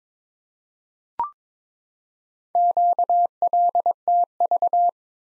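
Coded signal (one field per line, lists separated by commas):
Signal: Morse code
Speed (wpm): 22 wpm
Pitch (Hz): 700 Hz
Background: none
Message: QLTV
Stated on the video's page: Morse practice set at 22 wpm: random four-character letter-number groups, each sent, then spoken, then sent again.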